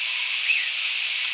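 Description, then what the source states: Vesper sparrow flight call: one thin, very high note lasting a split second, heard over steady hiss. Nocturnal flight call.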